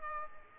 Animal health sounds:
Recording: mosquito wingbeat signal from an infrared sensor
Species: Aedes aegypti

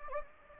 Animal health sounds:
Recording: mosquito wingbeat signal from an infrared sensor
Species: Anopheles gambiae

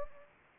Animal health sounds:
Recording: mosquito wingbeat signal from an infrared sensor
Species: Anopheles gambiae

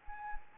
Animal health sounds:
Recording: mosquito wingbeat signal from an infrared sensor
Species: Anopheles arabiensis

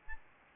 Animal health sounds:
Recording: mosquito wingbeat signal from an infrared sensor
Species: Aedes albopictus

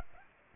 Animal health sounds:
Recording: mosquito wingbeat signal from an infrared sensor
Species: Aedes aegypti

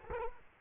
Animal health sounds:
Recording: mosquito wingbeat signal from an infrared sensor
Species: Culex quinquefasciatus

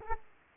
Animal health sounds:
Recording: mosquito wingbeat signal from an infrared sensor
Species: Aedes aegypti

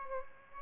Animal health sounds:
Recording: mosquito wingbeat signal from an infrared sensor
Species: Aedes albopictus

